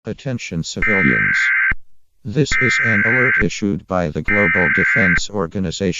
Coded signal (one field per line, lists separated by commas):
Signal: Emergency Alert System (SAME) tones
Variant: header bursts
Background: speech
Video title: The Nuclear Virus - EAS Scenario | Analog Horror Scenario